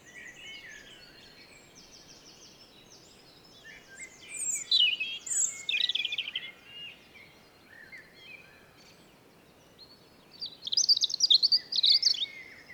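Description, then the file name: European robin song in two bursts of rapid, tinkling, high-pitched warbles separated by a quieter pause, with a faint steady background hiss. "Erithacus rubecula"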